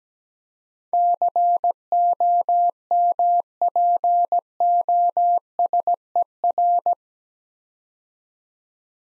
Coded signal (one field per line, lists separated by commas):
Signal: Morse code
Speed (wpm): 17 wpm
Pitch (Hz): 700 Hz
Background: none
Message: COMPOSER